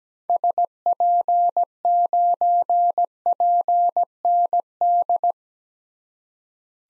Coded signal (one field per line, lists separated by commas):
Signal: Morse code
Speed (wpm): 17 wpm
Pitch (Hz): 700 Hz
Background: none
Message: SP9PND